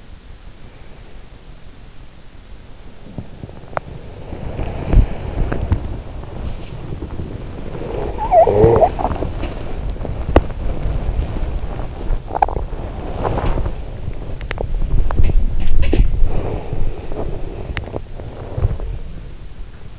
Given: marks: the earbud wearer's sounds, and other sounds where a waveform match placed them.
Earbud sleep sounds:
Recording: sounds in sleep by an in-ear microphone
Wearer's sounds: breath, body movement, talking in sleep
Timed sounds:
0.00-1.64 s: breath
3.05-19.99 s: body movement
8.09-8.97 s: talking in sleep
16.13-17.58 s: breath

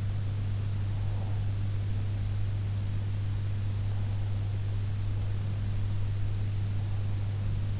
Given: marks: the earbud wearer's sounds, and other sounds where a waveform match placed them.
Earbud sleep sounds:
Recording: sounds in sleep by an in-ear microphone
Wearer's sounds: breath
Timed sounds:
0.84-1.52 s: breath

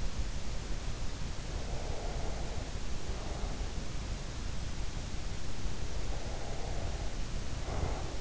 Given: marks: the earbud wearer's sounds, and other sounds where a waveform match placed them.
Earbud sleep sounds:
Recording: sounds in sleep by an in-ear microphone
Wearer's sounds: breath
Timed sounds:
1.75-3.54 s: breath
6.21-8.21 s: breath

